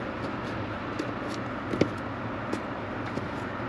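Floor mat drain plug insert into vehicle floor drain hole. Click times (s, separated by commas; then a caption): 1.8 s. A foam-lipped drain plug insert is pressed into the floor drain opening of a 2022 Jeep Gladiator Rubicon. A single short, sharp click at 1.8 seconds stands out over a steady low background rumble. The plug seats in the opening as the new drain plug.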